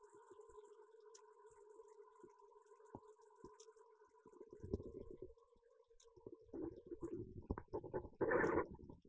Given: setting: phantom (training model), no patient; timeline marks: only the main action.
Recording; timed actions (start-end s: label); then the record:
laparoscopic instrument, vibration sensor on the handle end
0.00-6.93 s: coagulation
From the record:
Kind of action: gesture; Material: ex-vivo porcine liver